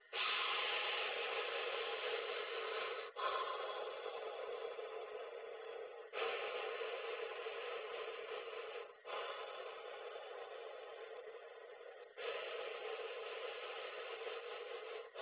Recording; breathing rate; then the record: paced breathing near a phone; 10 breaths a minute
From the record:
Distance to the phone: 20 cm